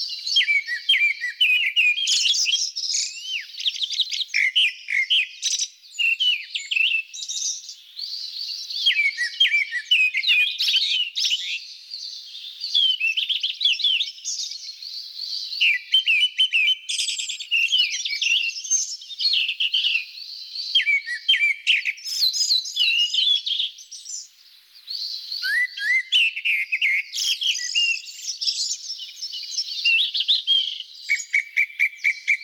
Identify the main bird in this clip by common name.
Grey-backed Thrush